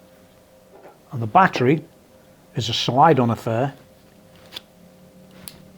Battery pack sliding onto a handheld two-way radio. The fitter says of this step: like so. You hear it click. That means it's held in